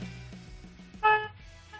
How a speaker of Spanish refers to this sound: Vamos a darle 3 toquecitos al claxon, venga. Venga.